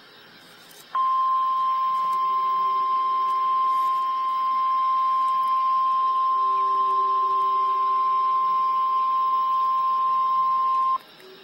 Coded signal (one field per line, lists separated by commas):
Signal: Emergency Alert System (SAME) tones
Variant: 1050 Hz attention tone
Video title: REAL EAS 644-Severe thunderstorm warning